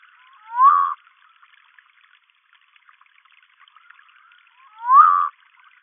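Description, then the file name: Humayun's night frog calls twice, about four seconds apart, each a quick rising chirp sliding into a short rough pulsed burst, with faint scattered clicks in between. "Nyctibatrachus humayuni"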